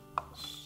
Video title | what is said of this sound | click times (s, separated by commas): WASHER REPAIR: How to Install the Power Cord in Your Washer - FIX.com | and if yours is the type of the noise suppressor and it has a cover you'll just need to insert that cover snap it in on one side | 0.2 s